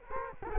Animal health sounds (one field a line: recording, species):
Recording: mosquito wingbeat signal from an infrared sensor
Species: Culex quinquefasciatus